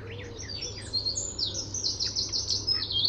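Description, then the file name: Common nightingale giving a quieter series of high repeated notes, with soft chirps before; low hum in the background. "Luscinia megarhynchos"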